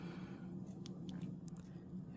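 A small pin tool levers one side of a snap-in plastic pivot clip out of the shell of a Backbone One phone game controller. Against a steady low hum come a few faint ticks, then a sharp small plastic snap at 1.5 s as the clip pops free on one side. The clip on that side is released.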